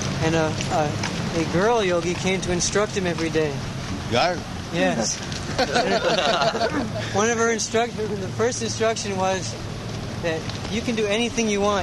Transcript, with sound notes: and a girl yogī came to instruct him every day.
Girl?
Yes. [laughter] One of her instructions was..., the first instruction was that you can do anything you want;